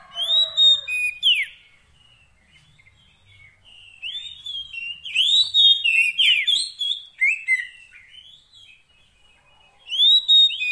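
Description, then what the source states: Oriental magpie-robin song: clear whistled notes opening and closing, with a busy middle phrase of slurred whistles and chirps. Long-duration fill-in (isian) song track meant to make the bird sing energetically (gacor) day and night.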